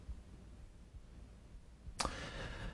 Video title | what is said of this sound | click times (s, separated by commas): Race Master Holster - Magnetic Insert | knowing that the gun has engaged the mechanism and you can hear that audible click as you reholster | 2.0 s